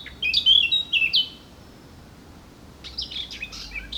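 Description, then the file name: Eurasian blackcap: a short fluty warbled phrase, a pause, then a scratchier series of chirping notes. "Sylvia atricapilla"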